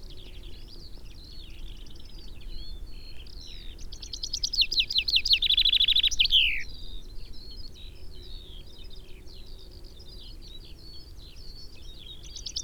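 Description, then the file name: Common chaffinch delivers one cascading trill with an abrupt closing flourish, set against a steady chorus of softer chirping from other birds. "Fringilla coelebs"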